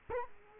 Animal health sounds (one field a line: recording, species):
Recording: mosquito wingbeat signal from an infrared sensor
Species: Culex quinquefasciatus